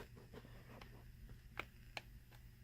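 A plastic trim or control piece is handled against the steering wheel of a 1999 Sienna during a horn repair, with soft rustling over a steady low hum and two brief light ticks near 1.6 and 2.0 seconds. The piece has not popped in or seated yet.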